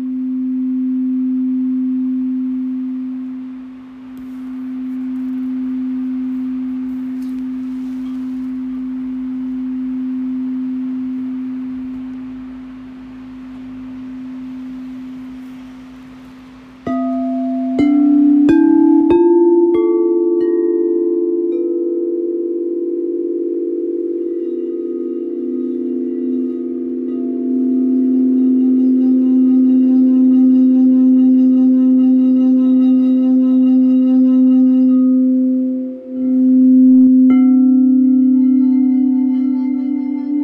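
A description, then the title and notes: A sound bowl hums on one steady low tone that slowly swells and fades for about seventeen seconds. Then it is struck and bright ringing overtones join; a few more strikes around 18 to 22 seconds thicken the ring, which sustains to the end with a brief dip near 36 seconds. Small clip of my Sound Bowl Healing Session.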